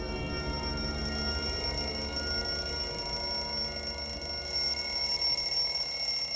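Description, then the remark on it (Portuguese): An alarm clock rings continuously for several seconds, a steady, loud electronic tone with bright high-pitched overtones and a constant buzzing texture, with no voices. “Ai, cadê esse despertador?”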